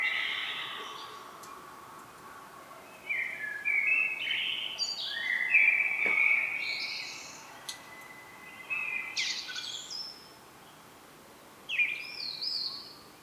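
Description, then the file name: Common blackbird song in short broken bursts: fluty warbled notes mixed with thin high squeaks, separated by brief pauses. "Turdus merula"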